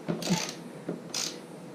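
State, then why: Stripped. A ratchet works a fender bolt held in its captive nut on the frame of a Yamaha Warrior 350 ATV, giving short bursts of ratcheting clicks with sharper clacks at about 0.9 s and 1.2 s. The bolt just spins without backing out because the nut behind it is stripped, so nothing loosens or clicks free.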